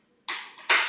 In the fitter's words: Push it in, slide it across, and you should hear a nice satisfying click.